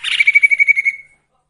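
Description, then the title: Sirtu song: a brief rapid trill of about a dozen even pulses that fades out quickly. Masteran recording with the full variety of song, used for training songbirds. "Masteran Sirtu Full Variasi"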